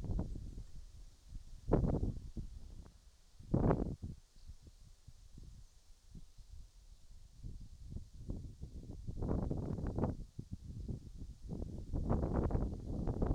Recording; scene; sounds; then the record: everyday scene through a hearing-aid microphone; wind on the microphone; wind, whistling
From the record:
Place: in front of a rural house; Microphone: in the ear canal, right